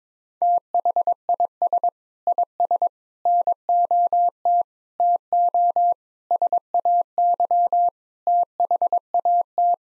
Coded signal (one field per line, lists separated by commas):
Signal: Morse code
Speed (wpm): 22 wpm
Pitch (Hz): 700 Hz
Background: none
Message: THIS IS NOT TO SAY THAT